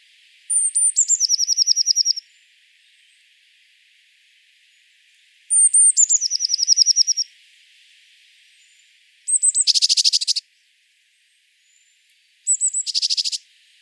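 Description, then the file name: Eurasian blue tit calls: two phrases of thin high notes leading into a fast trill, then two phrases of short high notes followed by a harsh buzzy churr. "Cyanistes caeruleus"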